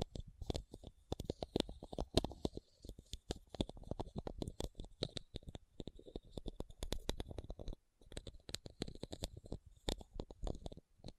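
Rapid, irregular tapping and scratching on rhinestones, dense clicks with brief pauses near three and eight seconds, crisp bright ticks throughout.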